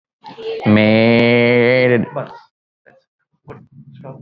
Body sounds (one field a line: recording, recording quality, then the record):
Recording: sustained vowel as in made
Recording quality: excellent, no background noise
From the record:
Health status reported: respiratory illness, not identified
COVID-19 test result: negative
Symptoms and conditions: cough, chronic lung disease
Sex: male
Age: 48 years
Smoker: not ticked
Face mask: not worn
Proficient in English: yes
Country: India